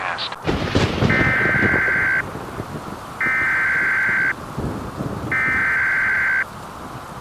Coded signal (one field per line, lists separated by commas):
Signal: Emergency Alert System (SAME) tones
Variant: header bursts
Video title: The Squall From Hell | Upper Michigan (EAS Scenario)